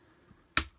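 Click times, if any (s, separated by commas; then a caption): 0.6 s. A plastic transforming toy figure is dropped onto a mounting point on a larger plastic combiner robot. After a faint soft tap at 0.3 s, a single sharp, bright snap is heard at 0.6 s. The figure clicks into place on the combiner.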